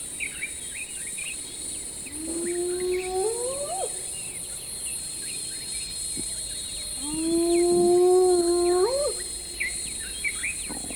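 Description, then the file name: Spotted hyena whooping: two long calls, each holding low then sweeping upward at the end, over steady insect buzz and scattered bird chirps. "Spotted Hyaena (Crocuta crocuta)"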